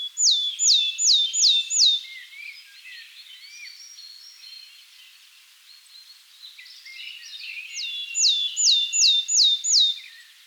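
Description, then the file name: Willow tit: a series of five clear, high, downslurred whistled notes, a quiet warbling chatter in between, then another run of five similar whistles. "Talltita"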